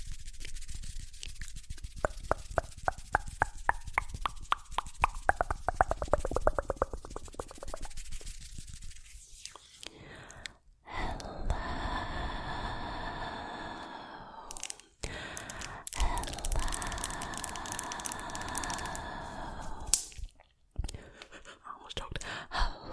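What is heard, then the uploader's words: Mouth sounds. For the first nine seconds a quick, even run of wet clicks and pops repeats; then come longer breathy, airy sounds with a faint hum, broken by short silences near 11, 15 and 21 seconds. TINGLY MOUTH SOUNDS.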